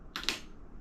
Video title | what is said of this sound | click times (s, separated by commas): THIS IS SO UNEXPECTED!!! | You hear that's a clicking sound. | 0.2 s, 0.3 s